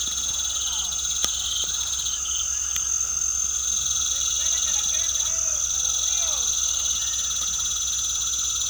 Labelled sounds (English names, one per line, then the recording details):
none
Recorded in pastures near Puerto Asís, Putumayo, Colombia, on 8 March 2025 at 18:30
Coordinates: 0.497, -76.327
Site G072